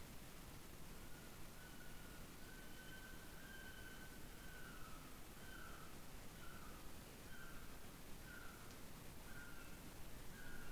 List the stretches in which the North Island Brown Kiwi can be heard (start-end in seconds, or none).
0.65-10.72